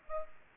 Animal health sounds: mosquito wingbeat signal from an infrared sensor; Aedes aegypti

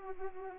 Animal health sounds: mosquito wingbeat signal from an infrared sensor; Anopheles arabiensis

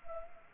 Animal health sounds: mosquito wingbeat signal from an infrared sensor; Anopheles gambiae

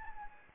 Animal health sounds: mosquito wingbeat signal from an infrared sensor; Anopheles gambiae

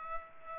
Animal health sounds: mosquito wingbeat signal from an infrared sensor; Culex pipiens

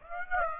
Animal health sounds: mosquito wingbeat signal from an infrared sensor; Aedes aegypti

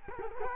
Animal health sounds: mosquito wingbeat signal from an infrared sensor; Culex quinquefasciatus

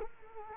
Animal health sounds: mosquito wingbeat signal from an infrared sensor; Culex quinquefasciatus

